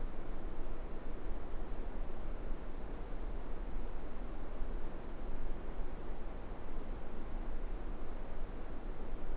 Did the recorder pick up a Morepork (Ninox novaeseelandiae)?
no